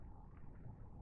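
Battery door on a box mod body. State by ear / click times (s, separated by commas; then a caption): not seated / none. The hinged battery door on a dual-18650 squonk box mod body is handled, being pressed down slightly and slid over toward its latch. Only a steady low rumble is heard with no sharp transients. Nothing has seated or clicked yet.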